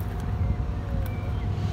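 A CHAdeMO charging connector plugged into an electric car's charging inlet locks as the charger initializes after charging is started from the app. A single short click at 1.1 s stands out over steady low rumble and wind-like noise. The connector's lock engages and seals on the inlet.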